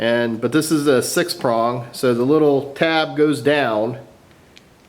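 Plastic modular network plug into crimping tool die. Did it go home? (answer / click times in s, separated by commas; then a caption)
yes / 4.6 s. Someone talks, then a plastic modular network plug, already loaded with wires, is set tab-down into the six-prong slot of a crimping tool. It gives one sharp, fast-decaying click at 4.6 s and seats in the die.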